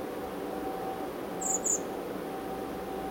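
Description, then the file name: Common blackbird call: two brief, thin, very high notes in quick succession midway through, over a steady low hum. "Turdus merula"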